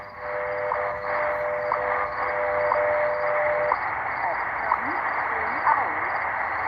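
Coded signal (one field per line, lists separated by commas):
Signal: radio time signal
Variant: WWV and WWVH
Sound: steady low tone for about 4 seconds with a short tick each second, under hiss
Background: radio static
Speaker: looks like we got both of them WWV and wwvh Hawaii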